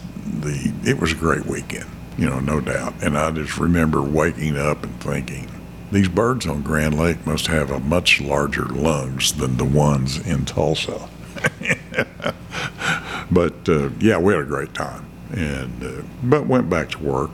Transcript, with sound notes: It was a great weekend, no doubt, and I just remember waking up and thinking “these birds on Grand Lake must have much larger lungs than the ones in Tulsa.” (Chuckling) But yeah, we had a great time and went back to work.